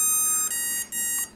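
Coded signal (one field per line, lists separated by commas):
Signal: beep code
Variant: BLHeli ESC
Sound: three clean electronic beeps: one lower-pitched, then two identical higher beeps with a short gap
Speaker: then here it's going to beeps is timing mode three beeps start mode 4 beefs cutoff mode and then five is a long beep and too long beeps then a beep beep beep next one is motor rotation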